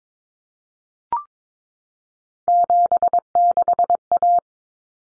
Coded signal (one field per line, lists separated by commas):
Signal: Morse code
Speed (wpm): 22 wpm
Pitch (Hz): 700 Hz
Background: none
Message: 76A